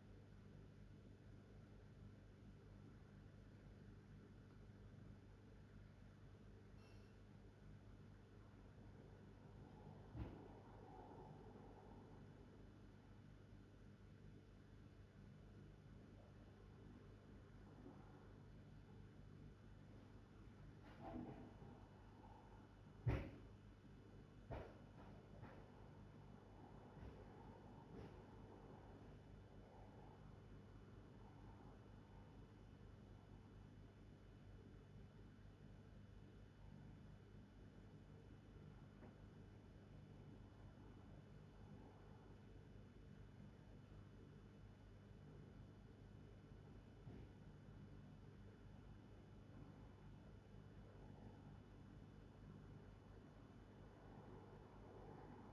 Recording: background sound without coughing